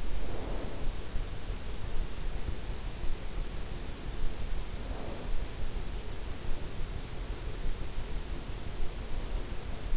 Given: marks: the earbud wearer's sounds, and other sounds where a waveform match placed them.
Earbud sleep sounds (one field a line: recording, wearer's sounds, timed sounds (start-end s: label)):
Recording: sounds in sleep by an in-ear microphone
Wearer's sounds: snoring breath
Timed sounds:
0.00-0.94 s: snoring breath
4.63-5.31 s: snoring breath